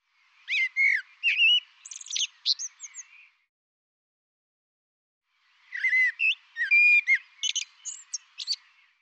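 Bird song in two phrases of fast, jumbled whistles, chirps and slurred notes, with a quiet gap of about two seconds between them.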